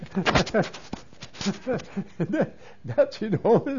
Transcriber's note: he laughs